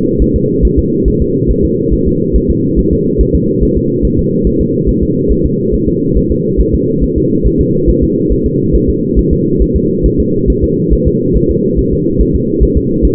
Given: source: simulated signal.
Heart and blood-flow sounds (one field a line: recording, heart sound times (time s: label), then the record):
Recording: fetal heart sounds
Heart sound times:
0.22 s: S1
0.36 s: S2
0.65 s: S1
0.79 s: S2
1.08 s: S1
1.22 s: S2
1.51 s: S1
1.65 s: S2
1.94 s: S1
2.08 s: S2
2.36 s: S1
2.50 s: S2
2.79 s: S1
2.93 s: S2
3.21 s: S1
3.35 s: S2
3.63 s: S1
3.77 s: S2
4.05 s: S1
4.19 s: S2
4.47 s: S1
4.61 s: S2
4.89 s: S1
5.03 s: S2
5.32 s: S1
5.46 s: S2
5.74 s: S1
5.88 s: S2
6.17 s: S1
6.31 s: S2
6.61 s: S1
6.75 s: S2
7.03 s: S1
7.18 s: S2
7.47 s: S1
7.61 s: S2
7.89 s: S1
8.03 s: S2
8.32 s: S1
8.46 s: S2
8.75 s: S1
8.90 s: S2
9.19 s: S1
9.33 s: S2
9.62 s: S1
9.76 s: S2
10.06 s: S1
10.20 s: S2
10.50 s: S1
10.64 s: S2
10.93 s: S1
11.08 s: S2
11.37 s: S1
11.51 s: S2
11.79 s: S1
11.93 s: S2
12.21 s: S1
12.35 s: S2
12.63 s: S1
12.77 s: S2
13.05 s: S1
From the record:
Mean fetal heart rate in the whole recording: 140 bpm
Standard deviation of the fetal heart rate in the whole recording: 2 bpm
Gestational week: 34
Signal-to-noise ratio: -11.2 dB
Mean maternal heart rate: 72 bpm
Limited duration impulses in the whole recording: present